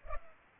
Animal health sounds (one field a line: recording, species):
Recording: mosquito wingbeat signal from an infrared sensor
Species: Culex pipiens